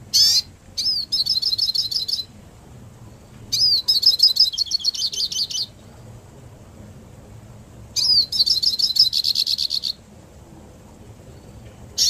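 Hooded siskin song: rapid high twittering bursts of buzzy, trilled notes, each a second or two long, separated by pauses, with faint low background rumble.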